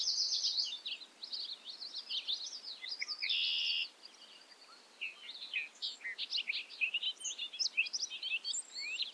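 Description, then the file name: Bobolink song opening with a loud buzzy note, then a fast bubbling, metallic jumble, a held buzz, and more scattered bright notes after a brief pause. Recorded at Ferme Beauchamp. "A bobolink talks to you from Ferme Beauchamp"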